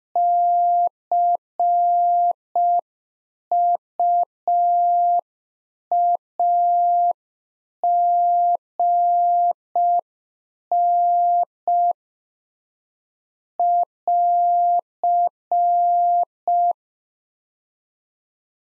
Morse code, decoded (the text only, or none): CUAGN <AR>